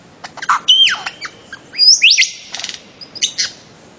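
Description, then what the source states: Bird-of-paradise calling with loud whistled notes, some sweeping down, others rising, mixed with short buzzy bursts and chirps. Master song recording made for training songbirds.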